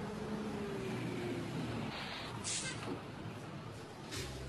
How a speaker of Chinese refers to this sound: 五路公交车马上就要进站了，请大家自觉排好队。